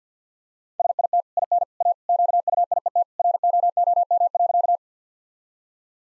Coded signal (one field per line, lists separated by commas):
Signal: Morse code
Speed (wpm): 50 wpm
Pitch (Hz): 700 Hz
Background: none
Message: SIT IN A QUIET ROOM.